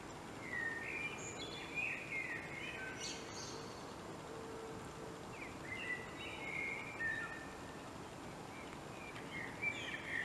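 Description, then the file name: Common blackbird song: several mellow warbled phrases with squeaky high twitters between them, fairly quiet over constant background noise. "Turdus merula"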